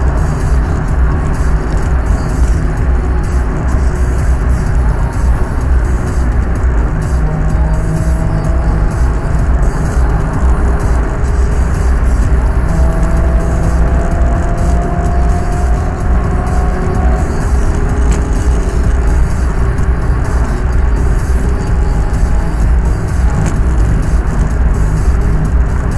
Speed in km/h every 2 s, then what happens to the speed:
105, 98, 105, 103, 103, 108, 108, 101, 106, 111, 109, 103, 105.
2-12 speeds up to 108. 12-15 slows to 101. 15-20 speeds up to 109. 20-22 slows to 103.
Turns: none.